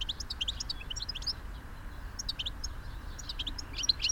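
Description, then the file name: European goldfinch calls: a busy run of bright, tinkling high chirps and short twitters, denser near the end, over a steady low rumble. "Carduelis carduelis"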